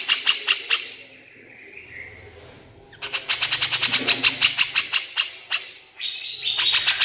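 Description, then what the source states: Horsfield's bush lark singing quick runs of sharp, high repeated chips, a quiet gap with a soft slurred note, then another long rapid burst. Masteran (tutor) recording of branjangan song for training songbirds, described as super gacor (singing constantly).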